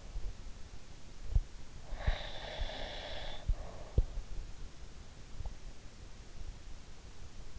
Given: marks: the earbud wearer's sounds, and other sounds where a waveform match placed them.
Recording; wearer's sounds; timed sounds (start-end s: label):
sounds in sleep by an in-ear microphone; breath
1.87-4.12 s: breath